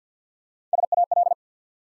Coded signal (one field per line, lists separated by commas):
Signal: Morse code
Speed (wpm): 48 wpm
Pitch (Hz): 700 Hz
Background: none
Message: SAL